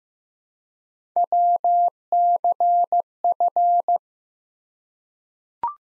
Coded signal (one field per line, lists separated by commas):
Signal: Morse code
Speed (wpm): 15 wpm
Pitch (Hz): 700 Hz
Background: none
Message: WCF